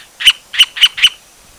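White-fronted woodpecker calls: four short, harsh, squawky notes in quick succession, about a quarter to a third of a second apart, then silence.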